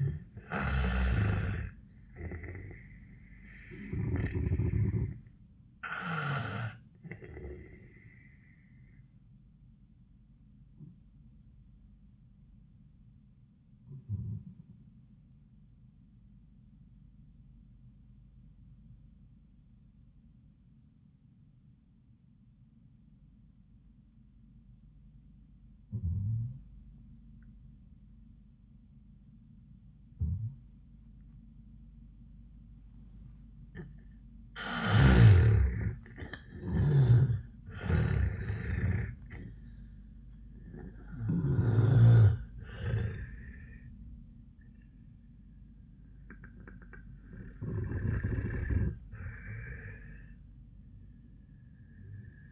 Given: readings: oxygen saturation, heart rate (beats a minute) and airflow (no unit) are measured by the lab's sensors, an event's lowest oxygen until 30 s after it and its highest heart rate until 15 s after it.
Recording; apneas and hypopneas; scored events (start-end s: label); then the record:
breathing in sleep by a smartphone at the bedside; 1
5.00-34.10 s: hypopnea (N1, oxygen 98% highest, then 79% lowest, heart rate 94 at the start, 94 highest)
From the record:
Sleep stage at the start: N1 (lightest sleep); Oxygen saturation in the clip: 76 to 98%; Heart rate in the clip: 74 to 96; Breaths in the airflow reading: 8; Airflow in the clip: -20.5 to 9.4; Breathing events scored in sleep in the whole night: 400 in 8.7 hours asleep